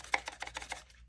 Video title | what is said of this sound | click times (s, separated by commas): Reiff Knives F6 Leuku Review - TLDW It’s Good | you can hear that positive click and that retention there is | 0.1 s